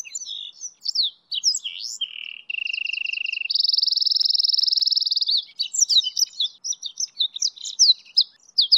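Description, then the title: Goldfinch × canary hybrid singing a high, varied warble: sharp twitters, a low trill, then a long even buzzing roll followed by quick chattering phrases. "hibrid goldfinch x kenari"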